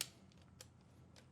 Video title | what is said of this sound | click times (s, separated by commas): Getting started with Synology for the Home User, Part 1 - Synology SPOT | Once they click into place, the hard drive is ready to be reinstalled into the NAS. | 0.0 s, 0.6 s